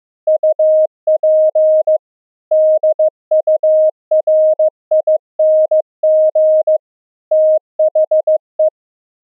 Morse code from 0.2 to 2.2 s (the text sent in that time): UP